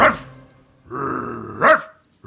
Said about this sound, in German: So laut bellt der Jimmy sonst nie.